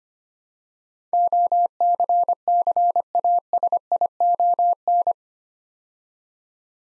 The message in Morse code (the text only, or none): OCCASION